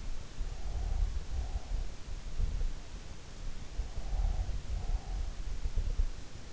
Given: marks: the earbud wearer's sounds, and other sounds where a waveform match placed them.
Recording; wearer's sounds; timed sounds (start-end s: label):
sounds in sleep by an in-ear microphone; breath
0.44-2.77 s: breath
3.93-6.39 s: breath